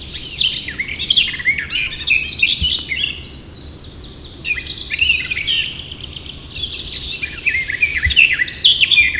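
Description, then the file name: Eurasian blackcap song: fast, varied warbling phrases of scratchy and whistled notes, broken by a pause of about two seconds before the warbling resumes. "Sylvia atricapilla"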